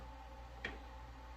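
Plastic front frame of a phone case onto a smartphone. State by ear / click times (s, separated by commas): seated / 0.6 s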